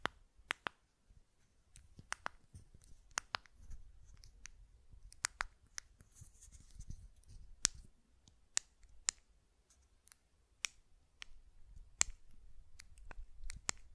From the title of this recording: Button Clicking and Tapping Sounds